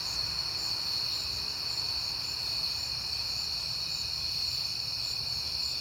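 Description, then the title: Crickets chirping in a dense, steady chorus of high trilling tones that never pause, with a faint low rumble underneath. Crickets recorded at night in September on a peaceful night, after being heard often that month. "Night Time: Crickets and Passing Cars"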